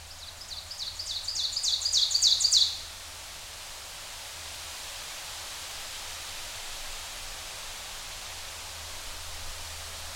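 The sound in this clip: Ovenbird song: a rapid, high, repeated phrase that swells louder over about two and a half seconds, then stops, over steady background hiss.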